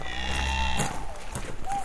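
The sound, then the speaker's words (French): Early in the morning on a farm, as cows are being tended, a cow lets out a deep, drawn-out moo, followed by shorter, higher lowing calls amid a steady rustling hum of livestock. “il est tôt et il faut s'occuper des vaches.”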